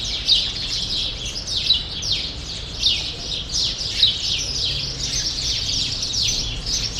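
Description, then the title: Sparrows chirping in a busy chorus, overlapping sharp tweets and short descending chirps with a few louder bursts, low rumble of background noise underneath. Sparrows still present in the small remaining part of a large grove, Rue Saint-Jean Népomucène, Brussels, Belgium; recorded with Earsight V2 AB microphones into a Zoom F3. "Rue Saint-Jean Népomucène 13, 1000 Bruxelles, Belgique - Sparrows - Moineaux"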